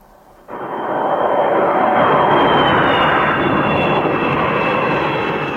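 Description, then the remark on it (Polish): A private jet roars overhead in the sky over Glasgow, Scotland, among many arriving for a climate summit in November 2021, in a steady, broad rumble that swells in after a quiet half-second and holds loud throughout, with a faint high whine gliding slightly downward. “Od poniedziałku szkockie niebo nad Glasgow zapełniło się od prywatnych odrzutowców, powodując niemały korek w przestworzach.”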